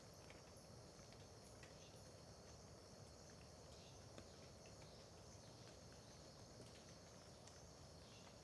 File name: Ambiencia parque terra ronca perto da estrada amanhecer com bacurau, gotejar, grilos, gravacao em ab